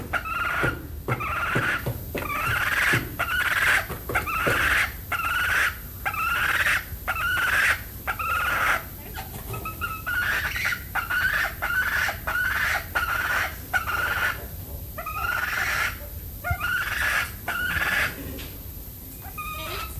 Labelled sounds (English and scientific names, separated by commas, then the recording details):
Grey Peacock-Pheasant (Polyplectron bicalcaratum) call
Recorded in captivity
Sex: male
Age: adult
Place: Zoo Berlin, Berlin, DE
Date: 2005-08-10 14:30
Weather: bedeckt, 16°C
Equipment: Sony WM-D6C, Sennheiser ME 80, Kopie Uher 4000 Report Monitor
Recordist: Tembrock, Günter